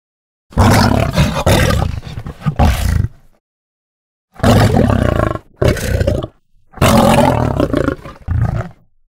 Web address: lion roar